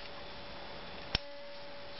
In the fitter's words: here to snap in place and then you can imagine this was uh mounted on your handlebar